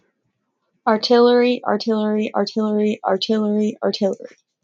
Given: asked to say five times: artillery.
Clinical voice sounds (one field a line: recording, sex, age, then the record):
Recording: repeated word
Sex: female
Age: 20 to 29 years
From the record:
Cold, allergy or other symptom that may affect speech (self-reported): no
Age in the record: 24 years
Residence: West Virginia, United States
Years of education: 12